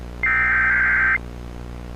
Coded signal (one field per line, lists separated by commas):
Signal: Emergency Alert System (SAME) tones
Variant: header bursts